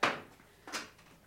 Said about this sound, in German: Es ist dunkel geworden. Mach Licht. Ich schließe die Läden.